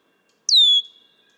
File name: Red-winged Blackbird